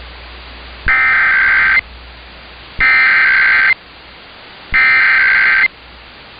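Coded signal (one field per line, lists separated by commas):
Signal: Emergency Alert System (SAME) tones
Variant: header bursts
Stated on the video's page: Pennsylvania Required Monthly Test from civil authorities, relayed on an AM broadcast radio station.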